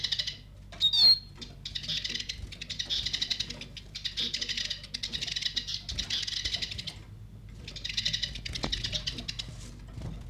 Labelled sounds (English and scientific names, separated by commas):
Eurasian Siskin (Spinus spinus) call